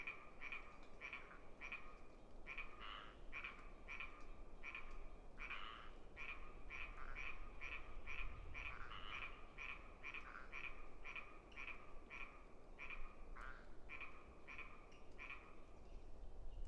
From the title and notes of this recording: A late spring afternoon in a small stand of Quaking Aspen growing beneath tall Ponderosa Pines beside a seasonally flooded meadow located east of Bear Mountain in Shasta-Trinity National Forest, Siskiyou County, California. A microphone is placed on either side of the trunk of a tree, in this case a Quaking Aspen.